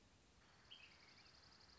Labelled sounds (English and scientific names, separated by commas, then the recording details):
Dark-eyed Junco (Junco hyemalis)
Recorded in Sonoma County, California